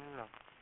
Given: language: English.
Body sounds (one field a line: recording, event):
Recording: throat vibration sensor signal played as sound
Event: speech